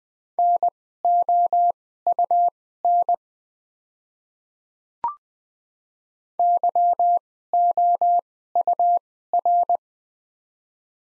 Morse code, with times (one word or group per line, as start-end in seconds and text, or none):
0.4-3.1 NOUN
6.4-9.8 YOUR